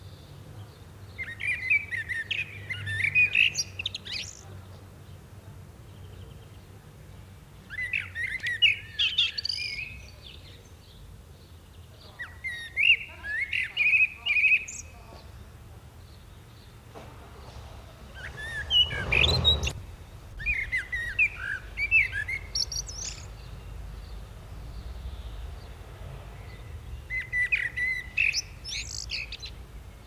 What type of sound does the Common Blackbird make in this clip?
song